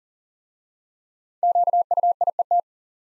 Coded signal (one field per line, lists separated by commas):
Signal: Morse code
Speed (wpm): 42 wpm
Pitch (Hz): 700 Hz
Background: none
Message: QUIET